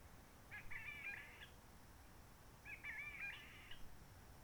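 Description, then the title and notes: Réunion bulbul sings two scratchy warbling phrases, each about a second long, separated by a short pause, with low background hiss. Roche Merveilleuse, Réunion; forest quiet since lockdown of 19 March 2020, no visitors, microlights or helicopters; sunny blue sky; birds not very active; simpler song of short phrases, adapted to aircraft noise. "Roche Merveilleuse, Réunion - Merle de lîle de la Réunion. Merle de la Réunion. depuis le 19 mars 2020"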